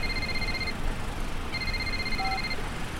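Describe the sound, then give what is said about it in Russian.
A telephone rings electronically in two high, steady tonal bursts, a short one and then a longer one after a brief pause, heard over a constant low rumbling background noise. “Звонит телефон.”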